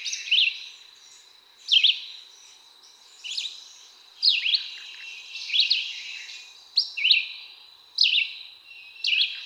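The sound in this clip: Red-eyed Vireo song of repeated short whistled phrases with quick slurs, delivered steadily about every second, against a soft high hiss.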